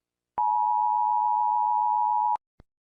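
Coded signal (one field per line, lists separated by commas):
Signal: Emergency Alert System (SAME) tones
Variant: 853 and 960 Hz attention tone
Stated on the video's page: Mock EAS scenario.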